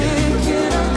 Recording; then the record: coughing mixed with background sound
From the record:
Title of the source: female coughing - coughing sound effects girl